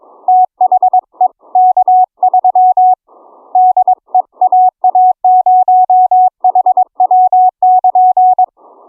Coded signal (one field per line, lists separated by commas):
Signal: Morse code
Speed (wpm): 22 wpm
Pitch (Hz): 740 Hz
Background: none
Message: THE K3 DE AA0HW<KN>